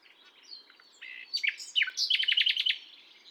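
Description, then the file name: Common nightingale song: varied chirps and slurred notes leading into a fast run of sharp repeated notes, with quieter notes trailing behind. "Luscinia megarhynchos"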